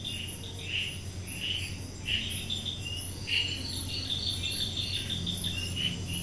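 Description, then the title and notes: Insects chirping at night, bright chirps repeated irregularly over a fast high pulsing trill, with a steady low mechanical drone underneath. Insects chirping at night, 10pm, June 2022, in a wildlife sanctuary at Netravali, Goa, India; air conditioning drone audible. "June 2022, 10pm Netrevali, Goa, India, sounds of the night - insects chirping. Recorded by Mark Wilden"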